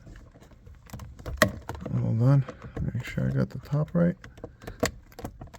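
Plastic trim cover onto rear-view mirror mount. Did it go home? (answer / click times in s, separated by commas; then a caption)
yes / 4.9 s. A plastic trim cover for a Mangoal 4K dash cam and rear-view mirror housing on a Jeep Gladiator or Wrangler is pressed onto the mirror mount after its top is checked for alignment. Someone talks between a few sharp taps and clicks. The cover snaps into place, seated, at 4.9 s.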